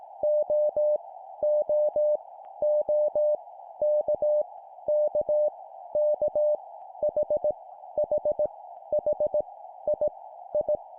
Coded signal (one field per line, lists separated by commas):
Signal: Morse code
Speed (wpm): 18 wpm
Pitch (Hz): 600 Hz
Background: none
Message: O O O K K K H H H I I